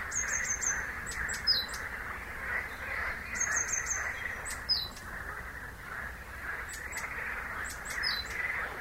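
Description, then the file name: Great tit calling with quick runs of high, sharp repeated notes and scattered single chips, over continuous rushing background noise. "Parus major"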